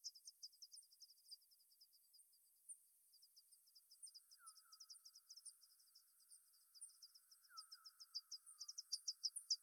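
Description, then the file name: Bat pulses: a dense, fast stream of high clicks throughout, with a few lower hooked sweeps in the middle and late. Bat movement recorded at the Gondwana garden in Rayol. "Rayol Gondwana Mouvementde Chauve Souris Mercier Glotin"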